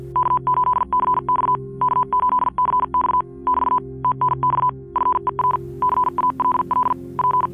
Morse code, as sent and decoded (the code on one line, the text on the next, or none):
-.- ---.. -.-. -..- / -.- ---.. -.-. -..- / -...- / - -. -..- / ..-. . .-. / -.-. .- .-.. .-.. / .--.
K8CX K8CX <BT> TNX FER CALL P